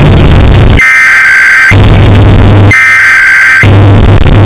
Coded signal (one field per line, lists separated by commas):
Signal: Emergency Alert System (SAME) tones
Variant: header bursts